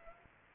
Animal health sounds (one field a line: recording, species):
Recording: mosquito wingbeat signal from an infrared sensor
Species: Aedes aegypti